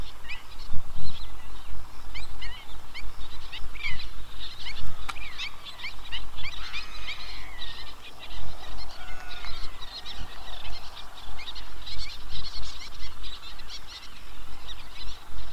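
A pond at Cabras full of birdlife: many birds chirp and call over one another for the whole stretch, quick bright notes packed densely with a few longer sliding calls. Underneath runs a low, uneven rumble, like gusting wind, that rises and falls throughout.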